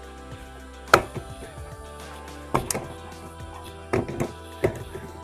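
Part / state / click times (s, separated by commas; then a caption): plastic deck box side panel into the adjoining panel / seated / 0.9 s, 2.6 s, 2.7 s, 3.9 s. A plastic resin deck box side panel is lined up with the adjoining panel and pressed together, giving sharp clicks at 0.9, 2.6, 2.7 and 3.9 seconds over steady background music. A softer knock follows at about 4.7 seconds, and the panel is seated in place.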